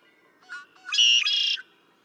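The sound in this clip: Red-winged blackbird song: a couple of short introductory notes, then a loud, buzzy, rattling trill held for about half a second before ending abruptly.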